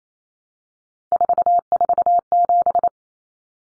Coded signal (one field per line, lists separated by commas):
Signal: Morse code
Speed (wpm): 28 wpm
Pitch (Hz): 700 Hz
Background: none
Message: 447